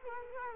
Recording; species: mosquito wingbeat signal from an infrared sensor; Culex quinquefasciatus